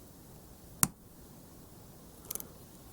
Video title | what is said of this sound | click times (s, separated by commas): Verify and Change JST RCY Connector Polarity | Okay, it clicked, and that's in there more solidly now. | 0.8 s